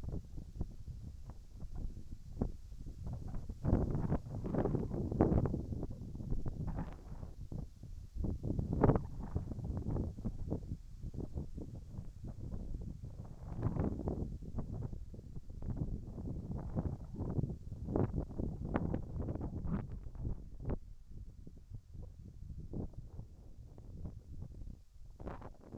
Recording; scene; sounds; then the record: everyday scene through a hearing-aid microphone; wind on the microphone; wind, whistling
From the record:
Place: in front of a rural house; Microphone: behind the ear, right, front